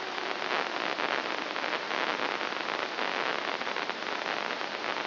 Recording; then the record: brain microelectrode recording played as sound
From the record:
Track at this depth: inside the subthalamic nucleus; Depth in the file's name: 3.62 mm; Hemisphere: left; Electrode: 2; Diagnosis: Parkinson's disease